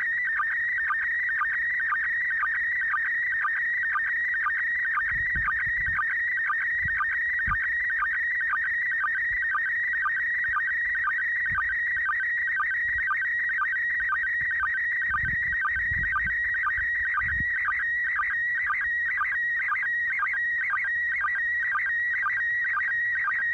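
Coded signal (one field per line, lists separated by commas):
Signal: SSTV (slow-scan television)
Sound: warbling high tone with a rhythmic chirping blip about twice a second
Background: radio static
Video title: International Space Station SSTV Satellite Pass Using A 3 Element Tape Measure Yagi Antenna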